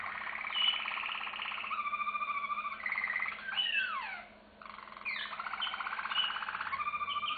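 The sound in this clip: Canary singing a chain of different trills, then a few sharp falling slurs, a brief hush, and a fresh burst of rapid rolling notes.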